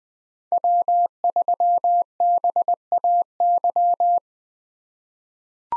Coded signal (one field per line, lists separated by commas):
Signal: Morse code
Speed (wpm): 20 wpm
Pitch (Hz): 700 Hz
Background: none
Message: W3BAY